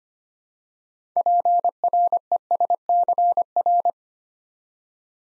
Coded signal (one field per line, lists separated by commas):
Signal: Morse code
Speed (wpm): 25 wpm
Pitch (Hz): 700 Hz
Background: none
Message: PRESCR